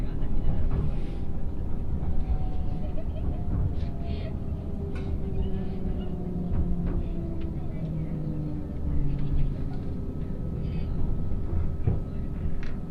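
Aboard the Ishizuchi 101 limited express on the Yosan Line, a steady low rumble carries faint voices, sliding motor tones and scattered clicks.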